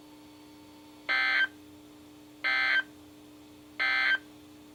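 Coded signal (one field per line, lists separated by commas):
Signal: Emergency Alert System (SAME) tones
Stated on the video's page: NOAA Weather Radio alerts from station KHB36 issued by Sterling, VA: severe thunderstorm watches and warnings and a special marine warning.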